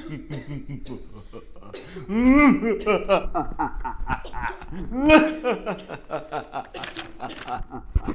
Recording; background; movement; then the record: laughter; a bystander coughing; sitting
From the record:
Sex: male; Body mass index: 21.0 kg/m2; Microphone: on the chest, facing the body